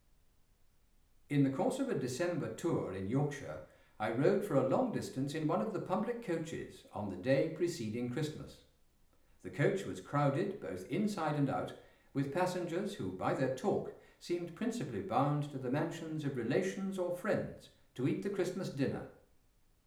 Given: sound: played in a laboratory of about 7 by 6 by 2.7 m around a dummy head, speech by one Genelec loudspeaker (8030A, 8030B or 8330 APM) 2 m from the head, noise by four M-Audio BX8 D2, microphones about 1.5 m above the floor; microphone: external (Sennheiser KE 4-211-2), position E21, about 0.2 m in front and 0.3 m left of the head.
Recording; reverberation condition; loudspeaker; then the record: male speech in English; medium; 60 degrees to the left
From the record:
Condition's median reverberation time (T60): about 510 ms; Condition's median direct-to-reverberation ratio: about -0.5 dB